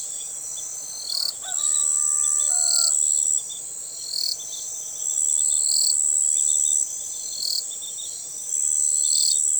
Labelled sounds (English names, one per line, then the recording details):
none
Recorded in forest near Pivijay, Magdalena, Colombia, on 13 April 2023 at 04:30
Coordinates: 10.467, -74.380
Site Z5-G034